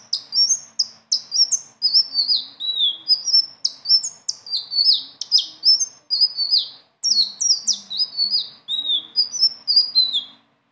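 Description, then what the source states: Leafbird song, a long rolling series of sharp high whistles and downslurred notes, repeated in dense phrases with short gaps. Strong continuous song (gacor) with rolling phrases (ngeroll) and fill notes (isian); a training song (masteran).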